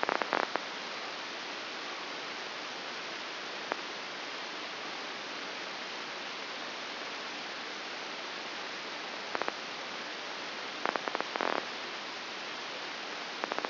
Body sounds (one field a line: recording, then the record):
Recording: brain microelectrode recording played as sound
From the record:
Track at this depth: outside the subthalamic nucleus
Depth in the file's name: 8.06 mm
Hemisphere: left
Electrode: 2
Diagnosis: Parkinson's disease